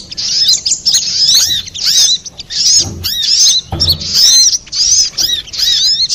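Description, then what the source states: Little spiderhunter, high sweeping chirps grouped in short bursts, with a couple of low thuds. Master recording (masteran) for training cage birds, labelled Labaik.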